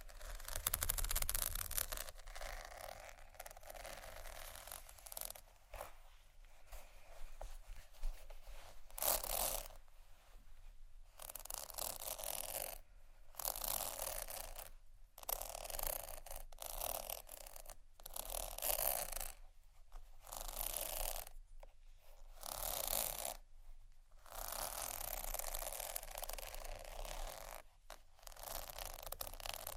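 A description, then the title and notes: Bags are tapped and scratched in a busy, continuous stream of rustling, crinkling scrapes that stay bright and hissy. The texture comes in irregular surges with brief near-silent gaps every few seconds, and a quiet low hum lingers underneath throughout. ASMR Tappingscratching Galore 4 Bags (No Talking).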